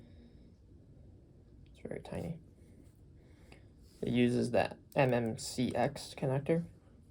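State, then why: Not seated. An MMCX cable plug is handled at the socket of a small Sennheiser IE 200 in-ear monitor earpiece while someone talks. A faint, brief tick comes at about 3.5 s. Nothing has seated or clicked yet.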